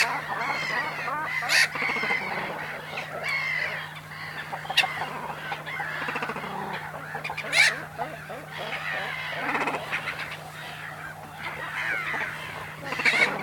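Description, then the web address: Cormorants giving harsh, guttural croaks in irregular bursts, mixed with sharper gull calls and a steady low hum throughout. Cormorants at the nest with loud seagulls; mono recording, DPA 4061 microphone. "Sound Holder - Cormorants animals cormorants nest loud seagulls"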